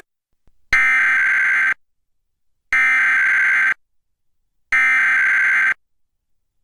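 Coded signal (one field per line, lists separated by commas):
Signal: Emergency Alert System (SAME) tones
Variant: header bursts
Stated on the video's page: Required monthly test relayed by a Portland TV station, recorded with a USB tuner from an HD TV antenna.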